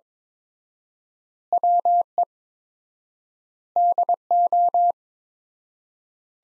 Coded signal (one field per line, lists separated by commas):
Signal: Morse code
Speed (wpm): 22 wpm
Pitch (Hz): 700 Hz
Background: none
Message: WE DO